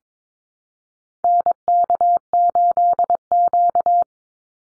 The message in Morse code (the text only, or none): NK8Q